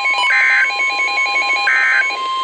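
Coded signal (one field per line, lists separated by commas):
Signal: Emergency Alert System (SAME) tones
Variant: end-of-message bursts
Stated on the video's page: NOAA Weather Radio tornado and severe thunderstorm warning alerts.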